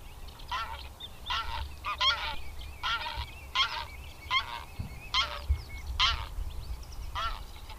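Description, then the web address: Greylag goose calling: a run of gruff, nasal honks, spaced irregularly over a low background rumble. "Madardalok Cd 3. Nyári lúd"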